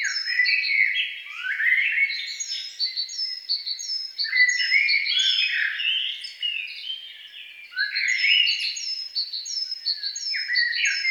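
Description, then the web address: Songbird song of dense, fast chirps and repeated short high whistles, continuing without a break. "best service Blue Box birds songbird"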